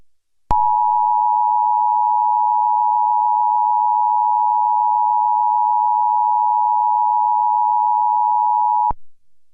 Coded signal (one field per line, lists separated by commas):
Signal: Emergency Alert System (SAME) tones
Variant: 853 and 960 Hz attention tone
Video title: EAS Flash Flood Warning CA